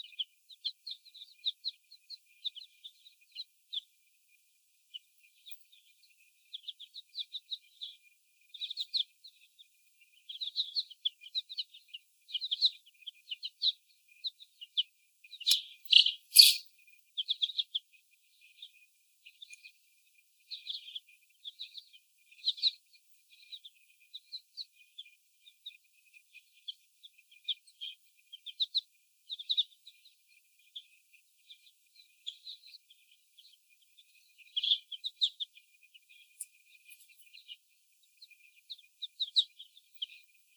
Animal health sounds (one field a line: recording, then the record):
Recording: young laying hens in a cage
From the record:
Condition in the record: before the stressor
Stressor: sudden umbrella opening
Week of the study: 1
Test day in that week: 1